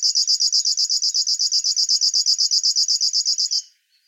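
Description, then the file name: River warbler giving a rapid rhythmic buzzing song that stops abruptly after about three and a half seconds, leaving near silence. "Schlagschwirl - Locustella fluviatilis"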